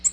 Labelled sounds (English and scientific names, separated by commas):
Nashville Warbler (Leiothlypis ruficapilla) flight call